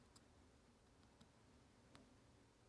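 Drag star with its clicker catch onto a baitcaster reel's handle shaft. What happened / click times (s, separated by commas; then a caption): Small parts handled with light ticks; nothing clearly seats / none. While reassembling a low-profile baitcasting reel, a screwdriver presses the small spring clicker in as the drag star with its clicker catch is worked onto the handle shaft. Faint, sharp ticks stand out at about 0.2 s, 1.2 s and 2.0 s over a low background hiss. The drag star has not seated or clicked into place yet.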